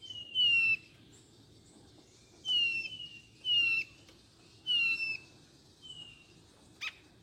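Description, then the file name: Blue-naped chlorophonia song: loud, pure, high whistles that slide slightly downward, given about every one to two seconds, with a brief chip near the end. "canto do gaturamo bandeira"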